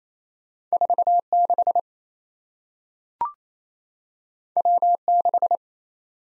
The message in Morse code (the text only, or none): 46 W6